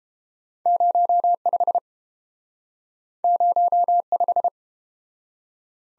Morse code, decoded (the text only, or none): 05 05